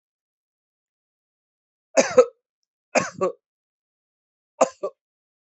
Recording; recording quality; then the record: shallow voluntary cough; excellent, no background noise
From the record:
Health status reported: healthy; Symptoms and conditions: none ticked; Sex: male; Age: 34 years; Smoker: not ticked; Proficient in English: yes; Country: India